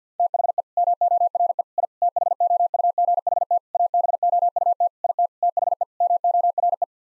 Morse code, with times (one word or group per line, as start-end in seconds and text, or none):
0.2-0.6 THE
0.8-1.6 MORE
1.8-1.9 I
2.0-3.6 THOUGHT
3.7-4.9 ABOUT
5.0-5.3 IT
5.4-5.8 THE
6.0-6.8 MORE